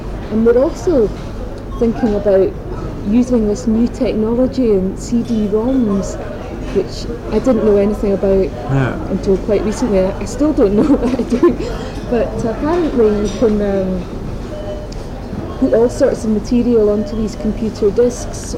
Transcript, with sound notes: And we're also thinking about using this new technology in CD ROMs, which I didn't know anything about--
No.
Until quite recently. I still don't know. [laughs] But eh, apparently you can erm, put all sorts of material onto these computer discs.